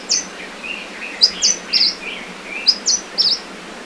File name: Claudia Leaf Warbler Call Hunan Hu Ping Shan 20120702